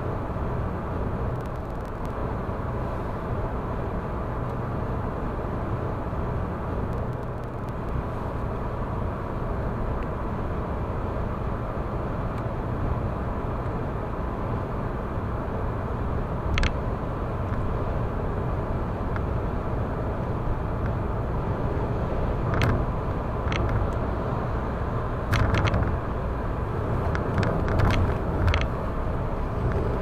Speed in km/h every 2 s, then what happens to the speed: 107, 107, 107, 107, 107, 107, 108, 108, 108, 108, 108, 108, 108, 109, 109.
0-30 steady at about 108.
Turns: none.